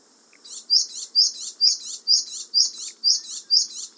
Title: suara burung gelatik batu jepang